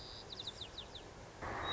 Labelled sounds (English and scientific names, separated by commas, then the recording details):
White-crowned Sparrow (Zonotrichia leucophrys)
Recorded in Sonoma County, California